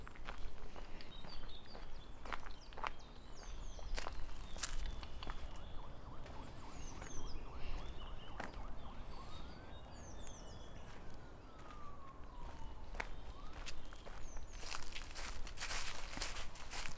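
Footsteps crunch at a steady walking pace along a path in Tivoli Park, Ljubljana, with a busy patter of small clicks throughout. Birds chirp now and then in short bright calls, and a single rising-then-falling tone sweeps past around ten to thirteen seconds.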